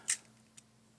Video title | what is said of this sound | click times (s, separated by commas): Formers Friday - Transformation Gear! | fold it down and it snaps into place and there's our car | 0.1 s